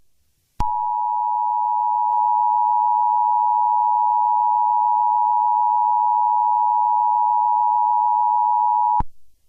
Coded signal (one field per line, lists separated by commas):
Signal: Emergency Alert System (SAME) tones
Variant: 853 and 960 Hz attention tone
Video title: FAKE EAS SCENARIO